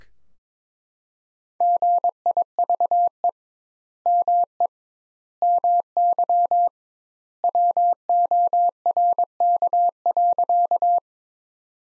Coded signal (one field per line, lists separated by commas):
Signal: Morse code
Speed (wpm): 22 wpm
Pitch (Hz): 700 Hz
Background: none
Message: GIVE ME MY WORK.